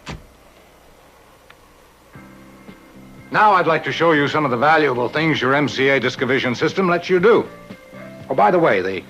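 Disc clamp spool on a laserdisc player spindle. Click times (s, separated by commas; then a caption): 1.5 s. On an MCA Discovision PR-7820 laserdisc player, the disc clamp spool is grasped with the index and third fingers and pulled up while the thumb presses down on the plastic center shaft. The spindle clamp clicks open at 1.5 s, releasing the disc so it can be lifted off. Music then comes in and someone talks over it.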